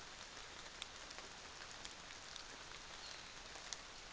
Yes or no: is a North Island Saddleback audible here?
no